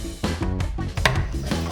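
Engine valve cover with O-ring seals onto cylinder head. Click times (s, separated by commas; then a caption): 1.1 s. A metal valve cover on a 2001-2005 Mazda Miata, fitted with a new gasket and O-ring seals, is lined up straight and pressed down onto the cylinder head over background music, with a few dull knocks. At 1.1 s it pops into place with a sharp click, showing the gasket and O-rings are seated in the right spot.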